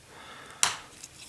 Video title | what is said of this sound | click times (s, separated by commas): Zblex French Reviews : Ecto-1 1/8 Eaglemoss - Episode 54 | ça pour ce clip c'est ça se clipse je vous le confirme | 0.6 s